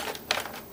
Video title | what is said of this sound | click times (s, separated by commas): Fixing a broken power cable on a Shark Rocket True Pet | that into place yeah just like that makes a bit of a satisfying click when you've got it | 0.3 s